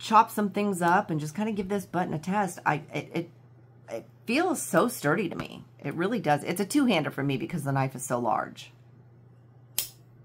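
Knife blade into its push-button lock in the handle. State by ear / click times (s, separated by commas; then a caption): seated / 9.8 s. Someone talks about a large folding knife, then the blade is swung open with two hands and locks into its push-button lock in the handle with a single sharp click at 9.8 s. The click confirms the blade is seated and locked open.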